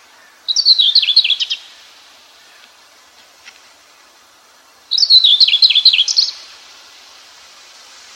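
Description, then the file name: Common whitethroat singing two brief, scratchy, chattering warbles, each about a second long and roughly four seconds apart, high-pitched against a quiet background. "slavka seraja"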